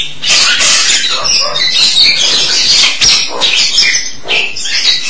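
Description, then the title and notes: Starling song, a dense, scratchy chatter of mixed whistles, squeaks and rasping notes delivered continuously without pause. "suara burung jalak"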